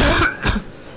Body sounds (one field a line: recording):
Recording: coughing mixed with background sound